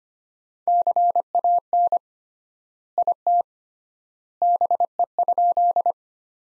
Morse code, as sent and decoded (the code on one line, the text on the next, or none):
-.-. .- -. / .. - / -... . ..--..
CAN IT BE?